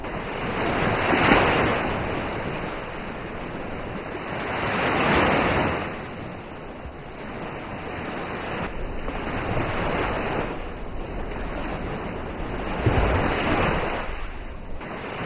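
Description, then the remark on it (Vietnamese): Heavy waves surge and crash against the shore in repeated broad roars, swelling loudly every few seconds over a constant rushing wash of water and wind, with no voices. “Tai chợt vang lên tiếng sóng đánh mạnh vào bờ.”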